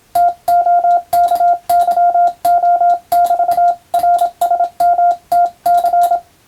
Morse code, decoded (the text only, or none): TOKYO<BT>RSMTC